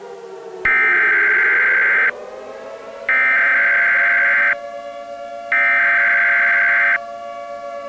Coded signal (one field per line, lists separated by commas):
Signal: Emergency Alert System (SAME) tones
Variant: header bursts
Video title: EAS Scenario - Extraterrestrial Invasion